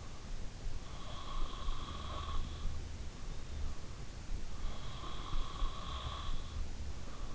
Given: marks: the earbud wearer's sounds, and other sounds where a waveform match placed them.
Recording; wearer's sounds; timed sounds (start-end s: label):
sounds in sleep by an in-ear microphone; breath
0.54-2.80 s: breath
4.62-7.02 s: breath